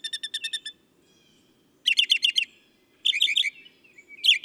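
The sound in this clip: Northern mockingbird song: a fast note series, then two dense chattering phrases, and softer notes at the end.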